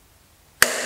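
A preset torque screwdriver tightens a Torx screw holding a carbide insert in a Felder Silent planer cutter head, turned smoothly until it breaks away at its 5 Newton meter setting. After near silence, a sharp snap rings out at 0.6 s, followed by a steady broadband hiss to the end. The screw reaches its set torque and the driver breaks away.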